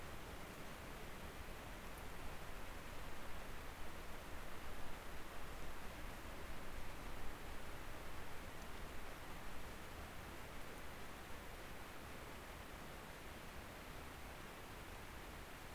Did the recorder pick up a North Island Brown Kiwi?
no